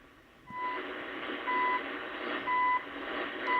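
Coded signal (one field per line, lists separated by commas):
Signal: radio time signal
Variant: CHU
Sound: four short 1 kHz beeps, one per second, under loud hissing static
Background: radio static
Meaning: Each tick marks one second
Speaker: I do sometimes see a trace on 14670, but uh never enough to actually hear really well the time signal. Um, sometimes I can hear a very faint uh the time pips very faintly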